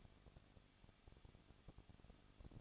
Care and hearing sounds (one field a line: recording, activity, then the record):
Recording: daily activity, microphone in the room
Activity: no activity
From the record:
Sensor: 4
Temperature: 23.1 degrees Celsius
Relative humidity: 34.1%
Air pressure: 1007.2 hPa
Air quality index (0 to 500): 214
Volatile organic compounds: 14 ppm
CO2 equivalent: 2473 ppm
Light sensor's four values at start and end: 2/3/1/1 and 2/3/1/1